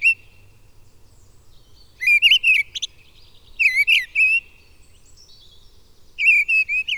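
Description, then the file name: Mistle thrush singing short fluty, whistled phrases near the same pitch, a few phrases with brief pauses between, otherwise quiet. "Mistle Thrush (Turdus viscivorus)"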